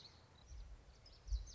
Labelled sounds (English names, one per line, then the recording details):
Common Yellowthroat
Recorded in Sonoma County, California